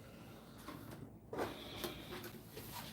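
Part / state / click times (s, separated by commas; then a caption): juicer component into juicer body / not seated / none. A juicer component is fitted into the juicer body. Only faint, quiet handling sounds are heard, with a small tap near 0.7 s and a slightly louder knock around 1.3 s. Nothing clicks, and the part has not gone in.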